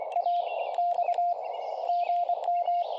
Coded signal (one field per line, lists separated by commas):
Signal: Morse code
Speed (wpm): 23 wpm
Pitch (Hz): 700 Hz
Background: none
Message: A X GM